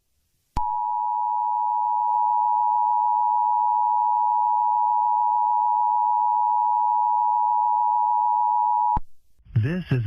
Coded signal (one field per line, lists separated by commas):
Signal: Emergency Alert System (SAME) tones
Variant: 853 and 960 Hz attention tone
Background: speech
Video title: EAS Mock: H I J A C K E D